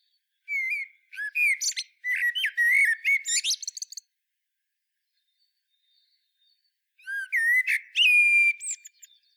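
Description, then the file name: Common blackbird singing two phrases: rich fluty, slurred whistles mixed with high squeaky flourishes, separated by a few seconds of quiet. "Turdus merula"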